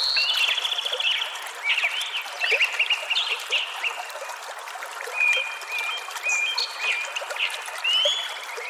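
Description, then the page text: Sparrows chirping in a chattering flock, a loud burst of rapid notes at the start, then scattered chirps and clear whistled notes. Tree and Sparrows singing together. "Sparrows by SpaceLabStudio"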